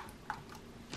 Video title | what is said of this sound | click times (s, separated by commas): How To Fix Replace Acer Aspire V5 Keyboard Key - Letter, Number, Arrow, Sized Keys | I'm just gonna push up on the corners and those should just snap right in just | 0.3 s, 0.9 s